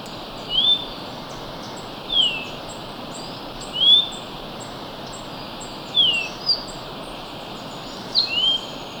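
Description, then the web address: Orange-bellied euphonia song: clear slurred whistles, some rising and some falling, repeated at intervals of a second or two. Recorded in Ecuador. "Natures Songs S America Birds of Ecuador. Orange-Bellied Euphonia"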